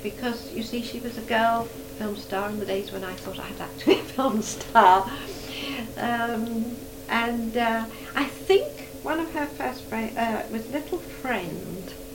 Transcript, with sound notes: Because, you see, she was a girl film star in the days when I thought I'd like to be a film star! [laughs] Erm, and eh, I think one of her first films eh, was Little Friend.